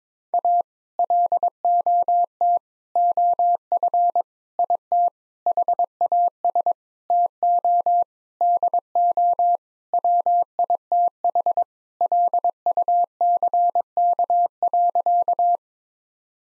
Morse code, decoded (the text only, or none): A LOT OF IT HAS TO DO WITH LUCK.